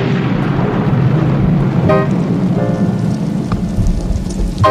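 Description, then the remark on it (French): A couple of short, brassy car horn honks cut through a steady wash of rain and street noise, one sharp blast followed by a longer tone. “Photo, sourire, encore la vie, le stress, le noir, les larmes, les cris, les klaxons, les sonneries.”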